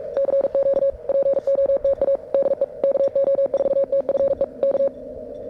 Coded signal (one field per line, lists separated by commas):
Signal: Morse code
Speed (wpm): 44 wpm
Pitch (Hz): 560 Hz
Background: none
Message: CQ POTA DE KO4TFE K